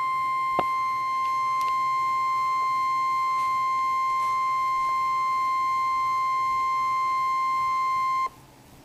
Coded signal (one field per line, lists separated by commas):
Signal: Emergency Alert System (SAME) tones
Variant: 1050 Hz attention tone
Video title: EAS Freeze Watch for Oklahoma